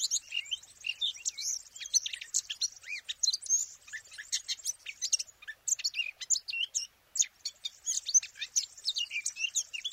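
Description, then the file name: Eurasian blackcap continuous warble, dense scratchy twittering mixed with thin whistles, with only brief gaps. "Sylvia atricapilla"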